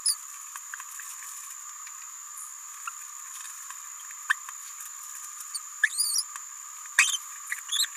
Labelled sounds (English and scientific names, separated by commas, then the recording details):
Green-rumped Parrotlet (Forpus passerinus) babbling
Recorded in a nest box in Venezuela
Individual 18B17A4